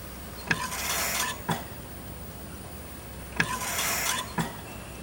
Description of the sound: Hospital ICU. Ventilator recorded at machine end.